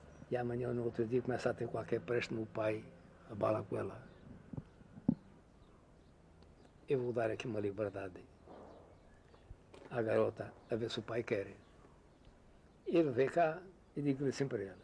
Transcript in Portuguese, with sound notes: e amanhã ou no outro dia começa a ter qualquer préstimo, o pai abala com ela. Eu vou dar aqui uma liberdade [pausa] à garota, a ver se o pai quer". Ele veio cá e digo-lhe assim para ele: